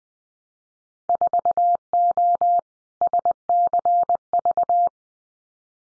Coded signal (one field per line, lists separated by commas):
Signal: Morse code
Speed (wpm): 19 wpm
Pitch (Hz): 700 Hz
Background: none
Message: 4O SCV